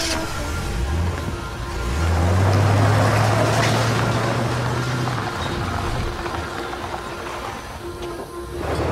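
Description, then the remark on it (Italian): A car driving away, setting off on the road to California: the engine revs up with a rising, droning hum over a broad rushing roar, holds for a few seconds, then the engine tone drops away and the rumble eases off slightly. “E la macchina filò via, di nuovo in viaggio, per la California.”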